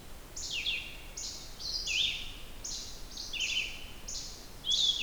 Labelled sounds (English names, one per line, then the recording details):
Red-eyed Vireo song
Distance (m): 20 m
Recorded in boreal forest in Alberta, Canada, on 29 June 2016 at 05:52
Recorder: SongMeter 3, array SBT-6-79
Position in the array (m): 120 m, 190 m